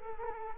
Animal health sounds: mosquito wingbeat signal from an infrared sensor; Culex quinquefasciatus

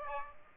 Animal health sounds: mosquito wingbeat signal from an infrared sensor; Aedes aegypti

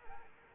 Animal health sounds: mosquito wingbeat signal from an infrared sensor; Aedes aegypti

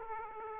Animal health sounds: mosquito wingbeat signal from an infrared sensor; Aedes aegypti

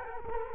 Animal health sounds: mosquito wingbeat signal from an infrared sensor; Culex quinquefasciatus

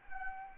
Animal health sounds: mosquito wingbeat signal from an infrared sensor; Anopheles gambiae

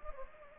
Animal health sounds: mosquito wingbeat signal from an infrared sensor; Anopheles gambiae

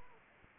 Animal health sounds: mosquito wingbeat signal from an infrared sensor; Anopheles arabiensis

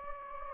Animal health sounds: mosquito wingbeat signal from an infrared sensor; Anopheles gambiae

